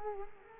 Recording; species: mosquito wingbeat signal from an infrared sensor; Culex quinquefasciatus